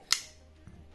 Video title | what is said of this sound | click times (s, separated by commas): Kubey Panthera (KU149-1) - Une gueule de bête sauvage mais docile au quotidien. | cas on peut le déverrouiller très facilement sans | 0.1 s